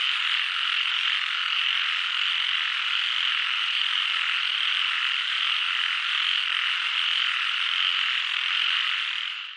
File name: frogs chorus doi suthep national park thailand